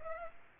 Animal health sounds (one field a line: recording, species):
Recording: mosquito wingbeat signal from an infrared sensor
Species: Aedes aegypti